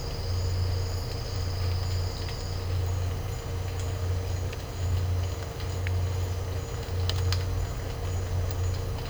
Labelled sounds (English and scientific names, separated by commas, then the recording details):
none
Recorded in dense forest near Puerto Asís, Putumayo, Colombia, on 9 March 2025 at 13:00
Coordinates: 0.468, -76.322
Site GP01